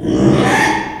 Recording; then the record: squeal of a Yucatan mini pig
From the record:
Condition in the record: after surgery on the right vocal fold (resection and tissue-engineered implant); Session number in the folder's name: 3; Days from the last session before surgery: 33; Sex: male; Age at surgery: 12 weeks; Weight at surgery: 13 kg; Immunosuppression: cyclosporine, prednisolone